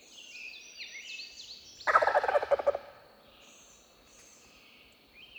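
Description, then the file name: Wild turkey gobble: one loud, rapid, rattling burst of pulses lasting under a second, with thin high whistles and chirps of other birds around it. "Wild Turkey - Meleagris gallopavo"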